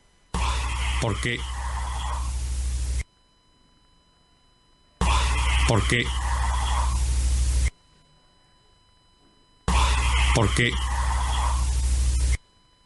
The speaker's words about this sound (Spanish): Vamos con ese sonido paranormal, esa especie como de rugido, aislado, independientemente.